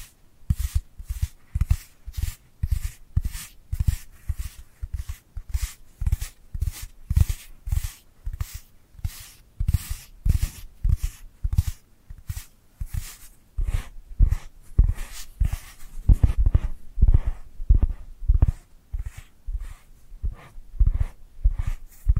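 Dry hands rubbing and patting in a fast, fairly regular rhythm, roughly three strokes a second for the whole stretch. Each stroke has a soft low thump with a papery, whispery top. Around sixteen to eighteen seconds the strokes grow heavier and louder.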